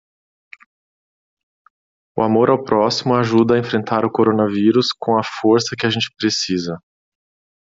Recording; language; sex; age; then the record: spoken sentence; Brazilian Portuguese; male; 40 to 49 years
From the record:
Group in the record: control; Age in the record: 41 years